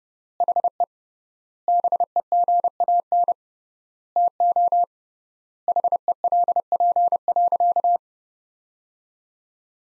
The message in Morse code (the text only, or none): HE BEGAN TO HELP.